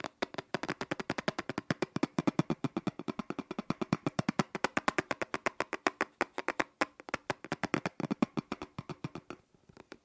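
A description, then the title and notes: Rapid tapping on an object, sharp knocks arriving in a fast, fairly even stream of roughly eight to ten per second. The hits are crisp and bright with a light hollow body, some slightly louder than others. The pace thins near the end. ASMR Fast & Slow Tapping on 6 Objects No Talking.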